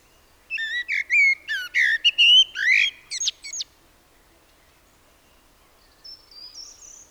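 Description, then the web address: Common blackbird sings a flowing phrase of mellow whistled notes mixed with quick squeaks, then a few faint thin high notes after a pause. "SETE Turdus merula"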